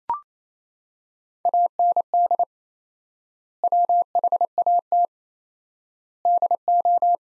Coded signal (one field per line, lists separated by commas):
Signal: Morse code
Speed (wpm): 28 wpm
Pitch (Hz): 700 Hz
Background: none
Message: AND WHAT DO